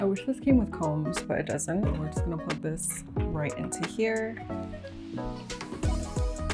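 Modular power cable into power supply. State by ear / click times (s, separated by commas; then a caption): not seated / none. A modular power cable is being plugged by hand into the power supply socket while someone talks over music. The cable is handled, but it has not seated or clicked yet when the clip ends.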